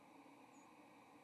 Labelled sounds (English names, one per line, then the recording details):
White-throated Sparrow flight call
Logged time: 07:51 on 30 October 2014